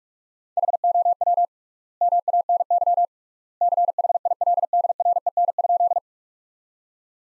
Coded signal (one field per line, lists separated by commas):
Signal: Morse code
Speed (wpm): 46 wpm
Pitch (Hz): 700 Hz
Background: none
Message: HOW MANY CHILDREN?